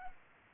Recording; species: mosquito wingbeat signal from an infrared sensor; Culex pipiens